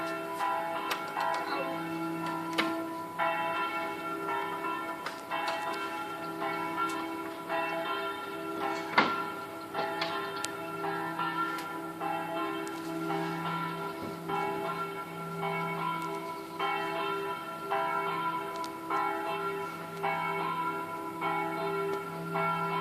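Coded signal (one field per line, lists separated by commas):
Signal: bell signal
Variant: Angelus swing ringing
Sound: a single church bell ringing repeatedly with swinging strokes, long ringing overtones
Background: outdoor ambience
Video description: -h. 20:30: segnale orario della mezza sulla 3^ Mi3 e distesa della stessa.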